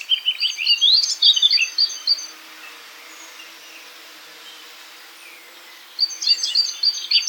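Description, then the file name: Eurasian blackcap warbling in two bursts of quick high chirps and repeated notes, separated by several seconds of steady background hiss. "Sylvia atricapilla"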